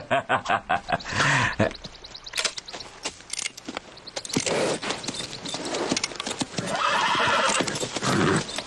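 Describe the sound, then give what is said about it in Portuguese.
Horses whinny in loud, shrill bursts while hooves clip-clop in a quick, uneven rhythm, with a steady rustle of movement throughout and no speech. “Os cavalos devem estar enlouquecidos, né?”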